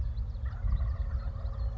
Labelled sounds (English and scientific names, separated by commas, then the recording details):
Wild Turkey (Meleagris gallopavo)
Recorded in Sonoma County, California